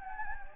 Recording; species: mosquito wingbeat signal from an infrared sensor; Anopheles gambiae